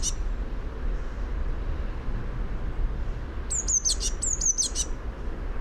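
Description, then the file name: Eurasian blue tit: one thin high note, then after a pause two rapid phrases of sharp, high notes ending in a quick trill. Low rumbling noise persists. "Cyanistes caeruleus"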